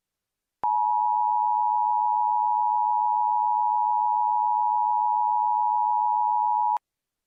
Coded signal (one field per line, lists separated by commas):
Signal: Emergency Alert System (SAME) tones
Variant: 853 and 960 Hz attention tone